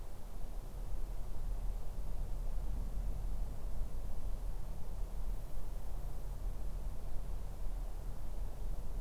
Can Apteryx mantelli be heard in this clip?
no